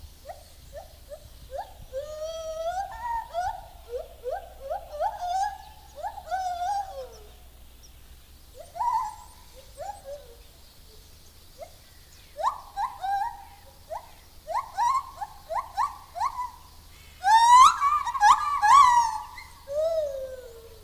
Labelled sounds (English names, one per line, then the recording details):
Lar Gibbon call
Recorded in captivity
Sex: male
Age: adult
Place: Zoo Berlin, Berlin, DE
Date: 2000-12-12 13:30
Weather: bedeckt, 12°C
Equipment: Nagra SN, Kopie Uher 4000 Report Monitor
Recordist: Tembrock, Günter